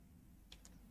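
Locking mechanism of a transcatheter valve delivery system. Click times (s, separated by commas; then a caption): 0.5 s, 0.7 s. The locking mechanism of a transcatheter aortic valve delivery system is locked while the valve is loaded, and the operator locks the frame or collagen mechanism. Two short, sharp ticks are heard at 0.5 s and 0.7 s over a low, steady background hum. The delivery system locks in place with a click.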